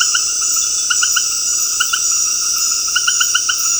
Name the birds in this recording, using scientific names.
none